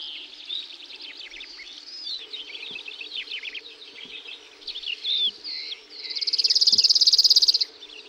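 Cirl bunting singing one fast, flat rattle near the end, after a busy stretch of varied chirping and warbling notes.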